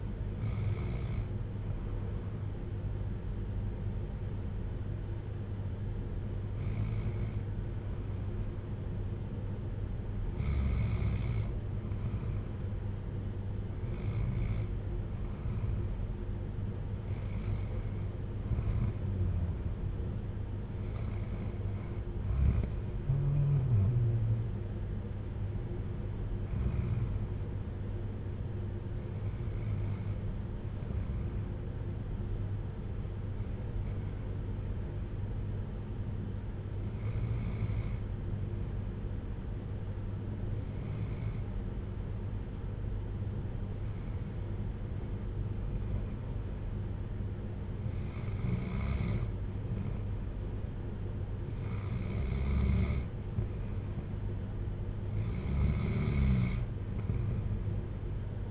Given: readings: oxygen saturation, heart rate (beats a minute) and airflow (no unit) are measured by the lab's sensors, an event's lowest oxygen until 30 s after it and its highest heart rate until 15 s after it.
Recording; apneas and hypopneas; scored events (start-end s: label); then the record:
breathing in sleep by a smartphone at the bedside; none
none scored
From the record:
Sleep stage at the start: N2 (light sleep); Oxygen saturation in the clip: 93 to 94%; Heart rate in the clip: 55 to 60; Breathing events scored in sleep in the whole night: 310 in 8.1 hours asleep